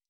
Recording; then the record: hydrophone in a shrimp aquaculture tank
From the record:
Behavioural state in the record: stressed